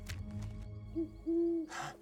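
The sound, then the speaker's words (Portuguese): An owl nearby gives two low, steady hoots, a short one followed by a longer drawn-out one, over a soft rumbling background with brief rustling noise at the start and end. “Você ouviu? A coruja está por perto.”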